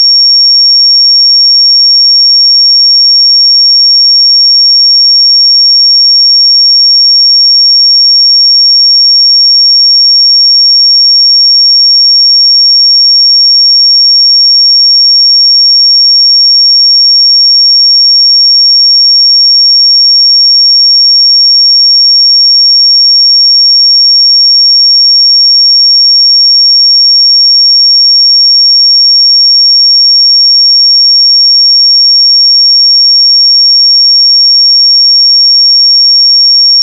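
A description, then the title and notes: A pure 5528 Hz sine tone holds perfectly steady for the whole clip, a single thin, piercingly high whistle. Its loudness never changes, and there are no other sounds, no background noise, and no breaks from start to finish. 5528 Hz 1 Hz Interval Sine Pure Tone Frequency 441000 Sample Mono.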